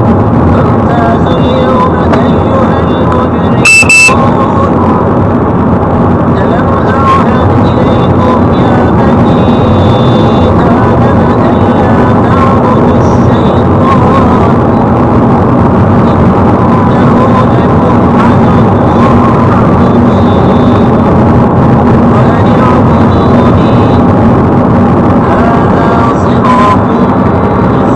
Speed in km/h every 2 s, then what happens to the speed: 104, 106, 108, 110, 111, 112, 114, 116, 115, 112, 113, 115, 117, 119.
0-28 speeds up to 119.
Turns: none.